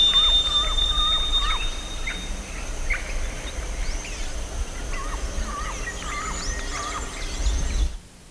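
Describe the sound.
Bird calls: short hooked chirps near the same pitch, repeated irregularly with higher squeaky notes from other birds, over a steady low rumbling background.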